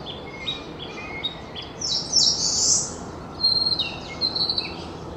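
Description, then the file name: Narcissus flycatcher song: clear whistled notes in short phrases, with a brighter, higher burst midway and a quick run of repeated notes near the end. Recorded in Sendai, 22 April 2016. "kibitaki sendai"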